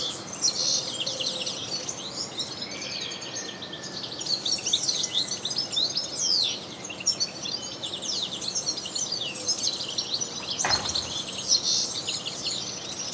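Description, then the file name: European goldfinch chatter, dense high twittering and buzzy trills throughout, with one brief sharp click partway through. "Carduelis carduelis"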